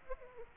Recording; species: mosquito wingbeat signal from an infrared sensor; Aedes aegypti